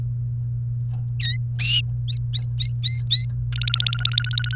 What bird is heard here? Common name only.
Domestic Canary